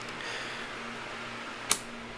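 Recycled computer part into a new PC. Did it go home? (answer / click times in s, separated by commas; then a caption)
yes / 1.7 s. After an earlier failed try, a recycled computer part is pushed down harder into a new PC against a steady low background hum. It gives a single sharp click at 1.7 s as it seats in place.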